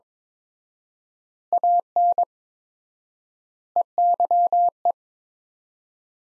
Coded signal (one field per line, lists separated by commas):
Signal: Morse code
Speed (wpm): 21 wpm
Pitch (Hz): 700 Hz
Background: none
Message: AN EYE